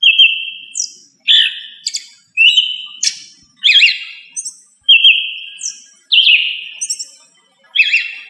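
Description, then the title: Thrush song: whistled phrases, steady notes alternating with quick downslurred figures, delivered in short bursts with brief gaps. "Familia Turdidae - Sabia"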